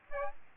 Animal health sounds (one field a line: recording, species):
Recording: mosquito wingbeat signal from an infrared sensor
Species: Aedes albopictus